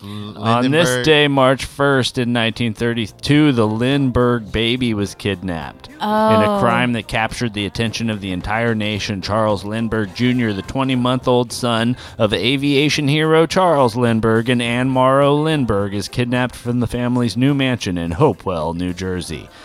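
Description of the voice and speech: A man reads a history passage in clear, fluent, steady speech with a mid-low pitch and ordinary voice quality.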